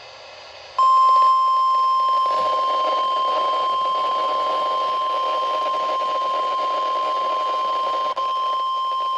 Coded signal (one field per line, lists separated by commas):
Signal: Emergency Alert System (SAME) tones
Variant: 1050 Hz attention tone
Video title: NOAA Weather Radio - Doubleheader Severe Thunderstorm Warning [EAS #289-#290] (4/1/23)